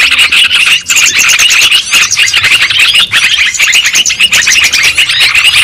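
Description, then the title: Lovebird flock calling, with dense, high, squeaky twittering that runs continuously and scarcely pauses across the short stretch. Lure sound used for trapping birds. "PIKAT BURUNG LOVEBIRD"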